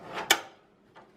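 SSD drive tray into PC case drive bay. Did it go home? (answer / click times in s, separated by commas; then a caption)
yes / 0.3 s. An SSD mounted on its drive tray is slid into the PC case drive bay with a soft sliding rush, then locks in place with a single sharp click at 0.3 s. A faint softer knock follows near 1.0 s. The tray is seated.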